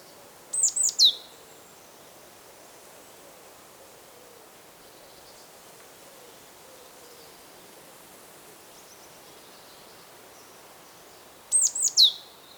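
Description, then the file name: Great tit phrase heard twice, a high triple note with a falling end, at the start and close, separated by a long quiet stretch. "Parus major"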